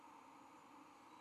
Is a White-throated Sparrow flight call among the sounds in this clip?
no